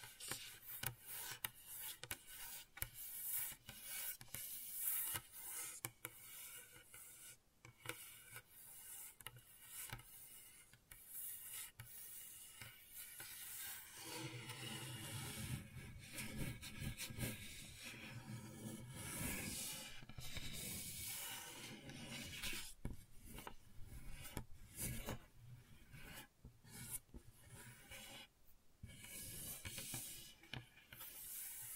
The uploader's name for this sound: Gentle Scratching